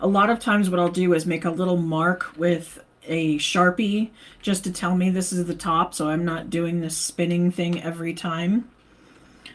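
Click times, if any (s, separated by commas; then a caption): 9.5 s. Someone talks while setting a thin metal cutting die into its marked spot in a plastic Stampin' Up! Merriest Frames hybrid embossing folder. After the talking stops, one short, sharp click at 9.5 s marks the die snapping into place, seated.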